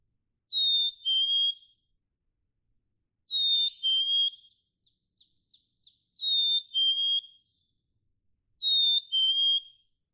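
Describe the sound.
Black-capped chickadee song of clear falling two-note whistles, repeated four times about every three seconds, with soft chips between the second and third phrases.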